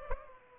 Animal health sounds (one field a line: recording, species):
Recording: mosquito wingbeat signal from an infrared sensor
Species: Culex pipiens